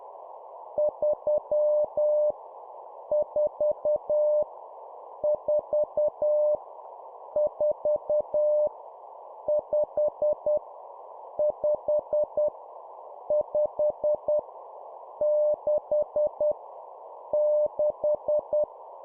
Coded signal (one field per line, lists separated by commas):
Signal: Morse code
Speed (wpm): 10 wpm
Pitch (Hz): 600 Hz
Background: none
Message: 3 4 4 4 5 5 5 6 6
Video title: 10wpm Repeat three times Number, morse code course